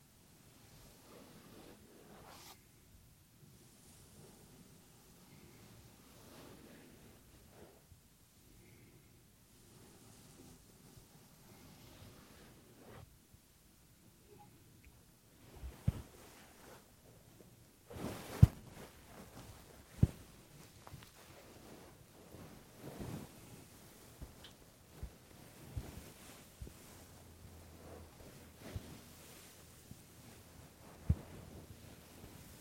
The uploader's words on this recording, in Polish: CZYSZCZENIA USZU ASMR po polsku.